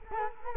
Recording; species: mosquito wingbeat signal from an infrared sensor; Culex quinquefasciatus